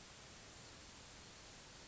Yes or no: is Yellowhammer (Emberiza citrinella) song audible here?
no